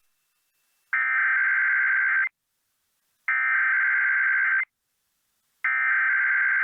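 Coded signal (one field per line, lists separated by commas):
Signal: Emergency Alert System (SAME) tones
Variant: header bursts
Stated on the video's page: Required Monthly Test on New York City AM radio, with SAME headers relayed by two stations.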